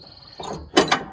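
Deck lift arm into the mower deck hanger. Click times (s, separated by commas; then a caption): 0.8 s, 0.9 s. While a riding mower deck is refitted, the metal deck lift arm is worked through its mount into the mower deck hanger, with a brief scraping shuffle followed by two sharp metallic knocks at 0.8 s and 0.9 s. The lift arm is pushed all the way through and latched in place.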